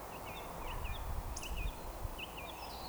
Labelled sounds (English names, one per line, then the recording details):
Eurasian Woodcock whistle
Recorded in Baden-Württemberg, Germany, on 29 June 2020 at 19:50 UTC
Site 43791, 788 m above sea level